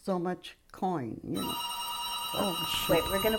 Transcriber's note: phone rings